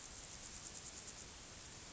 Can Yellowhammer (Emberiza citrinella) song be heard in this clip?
no